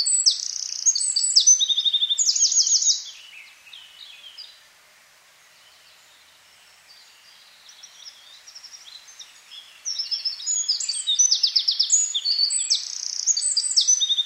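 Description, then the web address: Eurasian wren singing two loud bursts of high rapid trills separated by a quiet spell of roughly seven seconds with faint scattered notes. "SETE data Troglodytes troglodytes"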